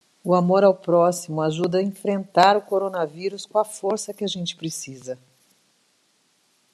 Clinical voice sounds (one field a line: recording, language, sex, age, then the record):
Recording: spoken sentence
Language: Brazilian Portuguese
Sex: female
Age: 60 to 69 years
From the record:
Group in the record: control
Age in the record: 65 years